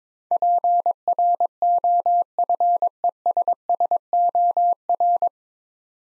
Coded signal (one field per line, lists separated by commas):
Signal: Morse code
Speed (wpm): 22 wpm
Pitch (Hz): 700 Hz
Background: none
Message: PROFESSOR